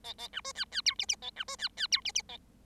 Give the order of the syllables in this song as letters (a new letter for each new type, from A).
A A B C D D E F F A B C D D E F F A